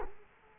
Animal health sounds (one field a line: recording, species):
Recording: mosquito wingbeat signal from an infrared sensor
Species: Culex quinquefasciatus